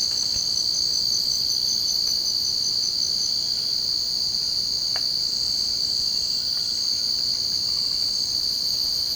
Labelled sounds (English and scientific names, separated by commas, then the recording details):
none
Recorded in secondary vegetation near Puerto Asís, Putumayo, Colombia, on 24 March 2025 at 01:00
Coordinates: 0.488, -76.319
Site G095